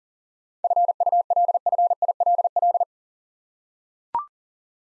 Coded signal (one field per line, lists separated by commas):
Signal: Morse code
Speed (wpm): 42 wpm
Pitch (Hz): 700 Hz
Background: none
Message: FULFILL